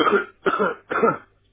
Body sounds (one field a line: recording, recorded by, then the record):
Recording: voluntary cough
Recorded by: telephone call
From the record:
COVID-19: positive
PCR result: checked with the laboratory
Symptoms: no